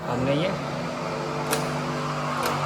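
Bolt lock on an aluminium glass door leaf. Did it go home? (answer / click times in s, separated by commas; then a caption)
yes / 1.5 s. Someone talks as an installer engages the small bolt lock, called a chutki lock, on an aluminium-framed glass door leaf of a Tostem WE PLUS door. A short sharp snap is heard at 1.5 s as the bolt shuts, leaving the door leaf locked so it will not open from that side.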